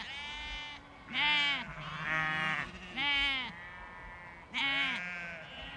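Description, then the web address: Sheep bleating, several loud wavering bleats of varied pitch, some overlapping, with quieter gaps between. A large flock of sheep with lambs, bleating in a field in the countryside. "Large Flock Of Sheep Lambs Bleeting In Field"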